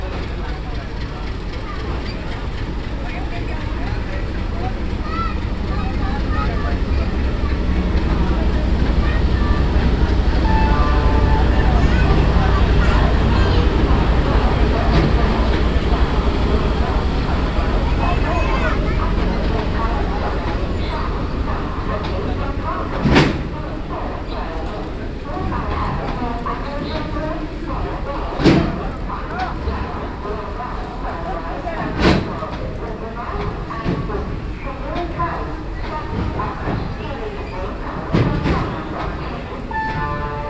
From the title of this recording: Madgaon Railway Station